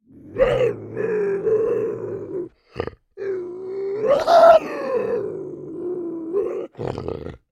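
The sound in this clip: Bobcat yowling: long, low, harsh drawn-out moans that waver and swell to a raspy peak midway, split by short grunting breaks.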